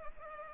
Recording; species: mosquito wingbeat signal from an infrared sensor; Culex pipiens